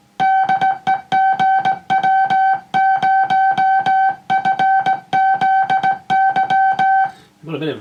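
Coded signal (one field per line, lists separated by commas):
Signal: Morse code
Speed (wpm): 17 wpm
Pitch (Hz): 770 Hz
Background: speech, music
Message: DE GW0FZY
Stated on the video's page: CW on the air from a restored 1950s LG300 boatanchor transmitter.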